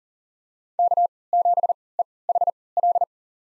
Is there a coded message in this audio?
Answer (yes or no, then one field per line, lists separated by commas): yes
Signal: Morse code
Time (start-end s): 0.8-3.0 s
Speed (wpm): 39 wpm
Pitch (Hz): 700 Hz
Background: none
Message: K7EHL